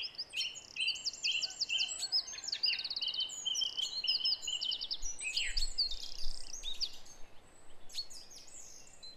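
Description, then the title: Song thrush song: loud, varied phrases of quick repeated whistled and chirping notes, several motifs given in short bursts. Recorded at 06h. "Zanglijster 06h"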